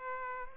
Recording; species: mosquito wingbeat signal from an infrared sensor; Culex pipiens